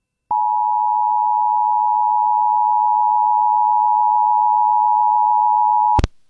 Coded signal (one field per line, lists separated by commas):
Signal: Emergency Alert System (SAME) tones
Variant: 853 and 960 Hz attention tone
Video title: [EAS #2324-#2354] RWTs & RMTs from the week of 4/3/23 (Part 2)